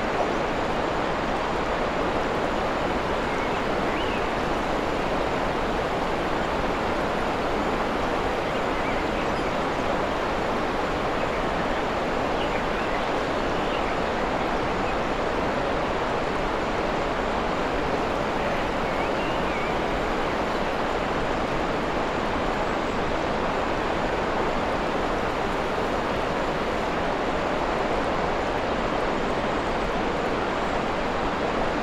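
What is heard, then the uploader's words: A waterfall pours in a dense, unbroken roar, steady, its hiss spread from low rumble to bright spray for the whole stretch. Waterfall in a Forest Clearing. This one we recorded is in Wales.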